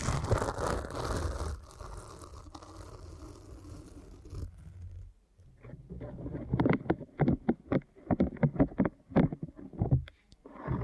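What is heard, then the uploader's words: Muffled rubbing and pressing sounds of an ear massage fill the first five seconds as a dense, steady rustle with a low rumble. After a brief hush, quick crackly taps and squishes follow in irregular bursts, bright. ASMR Deep Ear Canal Massage for Sleep (No Talking).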